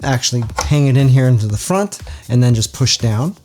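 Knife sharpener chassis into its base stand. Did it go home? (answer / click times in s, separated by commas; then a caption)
no / none. Someone talks while a Work Sharp Elite knife sharpener chassis is hooked by the lip on its back into the front of its base stand, ready to be pushed down. Nothing has snapped or seated into the stand yet.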